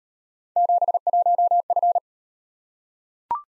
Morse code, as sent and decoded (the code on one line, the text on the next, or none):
--... .---- ..-.
71F